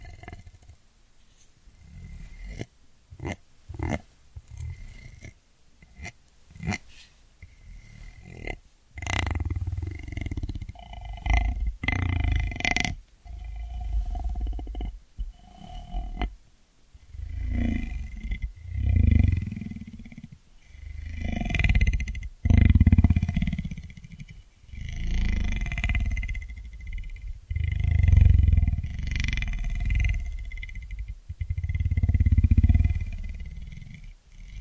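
Ear cleaning sounds: sharp scratchy clicks and brushing strokes, sparse in the first few seconds, then crowding together. Deep rumbling rubs swell repeatedly from about ten seconds on, mixed with crackles and a faint steady high whine throughout.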